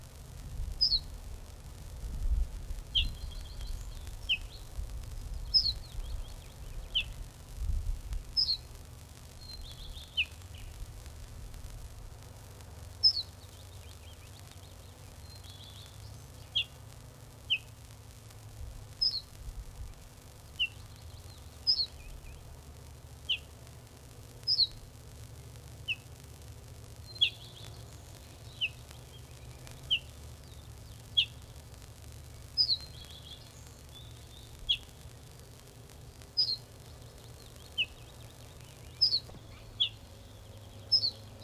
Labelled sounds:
Ortolan Bunting alarm call

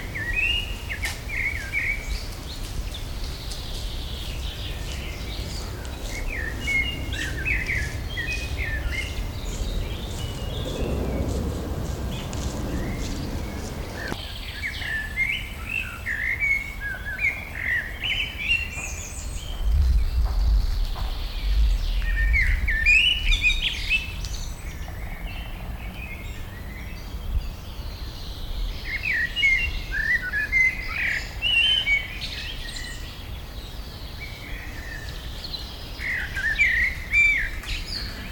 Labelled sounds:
Common Blackbird

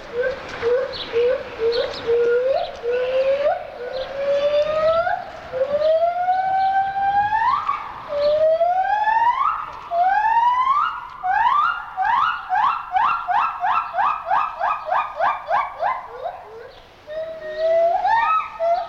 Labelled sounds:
Silvery Javan Gibbon

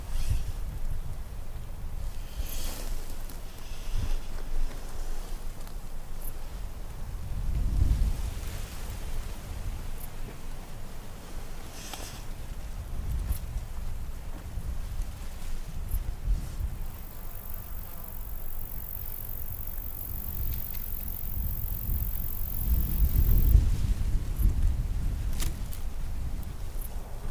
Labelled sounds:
Dark Bush-cricket stridulation

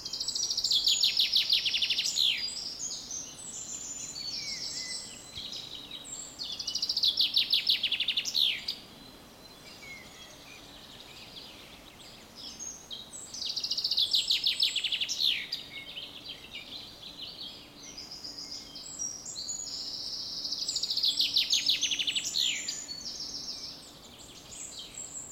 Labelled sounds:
Common Chaffinch

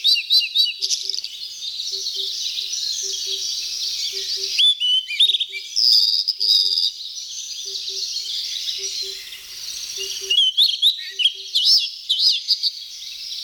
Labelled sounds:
Blue-and-white Flycatcher song

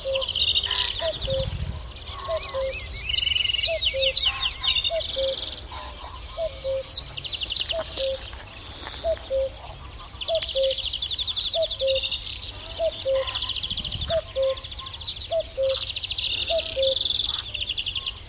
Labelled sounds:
Reed Bunting

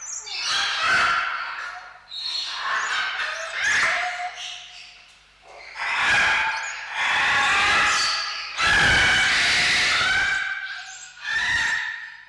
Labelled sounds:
Eclectus Parrot call

